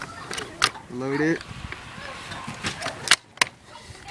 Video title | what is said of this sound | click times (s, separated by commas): WellFire MK96 Airsoft Sniper Review | just sham it in there. Jam it in there until you hear the click, and it's good. | 0.6 s